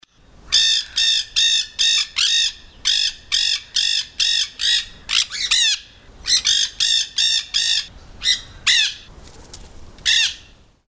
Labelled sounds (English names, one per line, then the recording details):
Nanday Parakeet
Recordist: Tembrock, Günter
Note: Kurzlaute und Lautsequenzen einer Gruppe